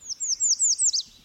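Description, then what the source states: American redstart song: a quick run of five thin, high downslurred notes ending in a sharper falling note. Breeds in lush mountain habitat such as Great Smoky Mountains National Park.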